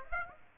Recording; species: mosquito wingbeat signal from an infrared sensor; Aedes aegypti